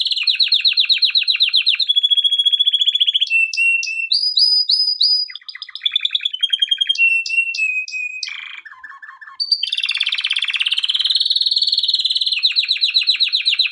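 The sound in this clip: Canary song, continuous and loud: rapid pulsing trills alternating with clear whistled notes, sharp chips and buzzy rolls, changing phrase every second or two.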